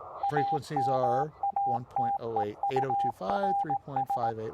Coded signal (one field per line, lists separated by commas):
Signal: Morse code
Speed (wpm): 18 wpm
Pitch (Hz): 800 Hz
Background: speech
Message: AMATEURS